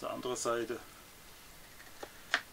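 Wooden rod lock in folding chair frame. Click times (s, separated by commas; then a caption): 2.3 s. Someone talks briefly as a wooden rod is inserted into a folding wooden chair, followed by a quiet pause and a soft knock at 2.0 s. At 2.3 s the lock on the other side of the chair frame snaps into place with a sharp click, latching onto the wooden rod.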